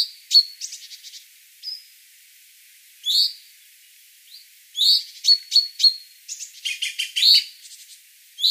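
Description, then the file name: Common chaffinch calls, short sharp notes given in irregular bursts, with brief thin whistled notes and a quick rattling cluster near the end. "Fringilla coelebs"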